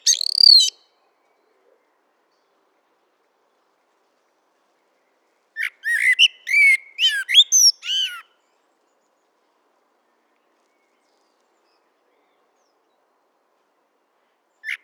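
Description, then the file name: Common blackbird song: a high twittery note at the start, then a cluster of varied whistles and squeaks, and a brief note at the very end, with long silences between. "Turdus merula"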